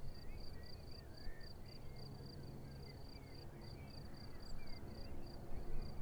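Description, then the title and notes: Cricket chirps repeat in a quick, even high rhythm over a low motor rumble, with scattered sliding bird calls in the background. Crickets chirping at Vogtsburg im Kaiserstuhl, Germany, with a view over the wide plain; engine noise from a small aircraft is heard. "Unnamed Road, 79235 Vogtsburg im Kaiserstuhl, Deutschland - Grillen zirpen. Zirpen der Grillen. Motorenlärm eines Kleinflugzeugs"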